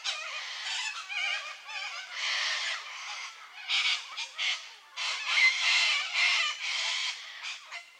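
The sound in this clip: Little corella flock giving harsh, raspy screeches that overlap continuously, with bursts of louder shrieks throughout and no pause in the chatter.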